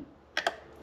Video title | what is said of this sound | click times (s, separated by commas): 2013-2017 Chevy Traverse Hood Prop Lift Support Replacement Easy DIY | here it snap | 0.4 s